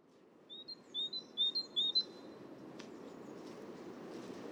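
Great tit giving a short run of four high two-note phrases, then falling silent.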